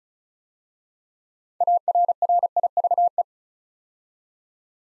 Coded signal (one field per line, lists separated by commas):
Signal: Morse code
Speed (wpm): 35 wpm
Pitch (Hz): 700 Hz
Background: none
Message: ARRIVE